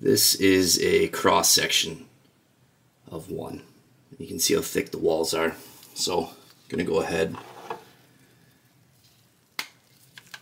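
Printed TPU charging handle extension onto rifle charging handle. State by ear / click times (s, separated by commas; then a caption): seated / 9.6 s. Someone talks while a cut-in-half, 3D-printed TPU charging handle extension, used as a cross section to show its wall thickness, is pushed onto the charging handle of a Type 81 rifle. A short, sharp click at 9.6 s marks the extension seating into place.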